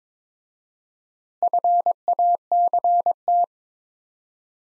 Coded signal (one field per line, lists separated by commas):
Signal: Morse code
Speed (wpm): 22 wpm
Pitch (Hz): 700 Hz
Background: none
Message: FACT